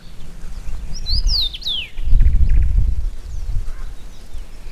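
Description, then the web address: Common rosefinch song, one quick phrase of bright downslurred whistles near the start, over strong gusty wind noise that swells through the rest. Recorded in Brandenburg in 2012. "Brandenburg 2012 Roodmus"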